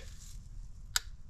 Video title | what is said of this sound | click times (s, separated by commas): Teaching The Boys ~ The Coyote Set That Has Caught 1000's and More! | Hear that click? | 1.0 s